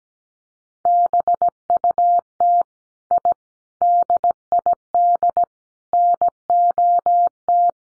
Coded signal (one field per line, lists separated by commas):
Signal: Morse code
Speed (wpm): 17 wpm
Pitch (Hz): 700 Hz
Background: none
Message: BUT I DID NOT